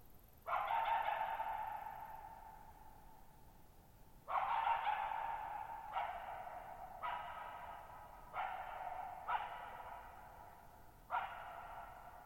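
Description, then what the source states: Coyote giving seven hoarse barks at irregular intervals, every bark echoing on at length. Lone coyote at night, July 14, 2019, Thirtymile Meadows, Okanogan National Forest (Okanogan High Country), Pacific Northwest, 6400 ft; high, mostly dry plateau among tall mountains; shallow bowl-shaped meadows over boggy ground.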